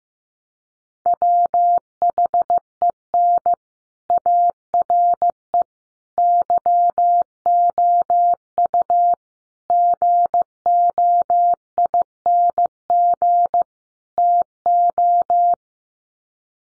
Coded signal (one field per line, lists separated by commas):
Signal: Morse code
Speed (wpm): 15 wpm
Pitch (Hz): 700 Hz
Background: none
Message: WHEN ARE YOU GOING TO